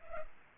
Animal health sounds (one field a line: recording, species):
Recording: mosquito wingbeat signal from an infrared sensor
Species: Culex pipiens